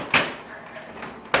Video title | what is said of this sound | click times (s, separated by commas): Barbie Dream House #1 ELEVATOR FIX - Easy | Push out a little bit, a little bit. All right, I hear it snapping out. | 0.1 s, 1.4 s